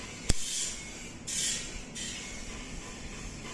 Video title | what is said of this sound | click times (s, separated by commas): User Review of a INGCO Paper Cutter/Cutting Knife. | तो इसको इधर रख के इस बटन को छोड़ देंगे तो ये इसके साथ टक की आवाज़ आएगी और ये सेट हो जाएगा। | 0.3 s